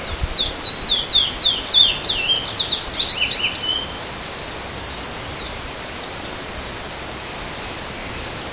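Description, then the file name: Chestnut-bellied seed finch calling: a quick run of high, thin downslurred notes, then sparser chips, over a steady high insect drone. Recorded in Itatiaia National Park, Brazil, at about 17:00. "Sporophila-angolensis-PNItatiaia-BR-9-1-14-ASilveira"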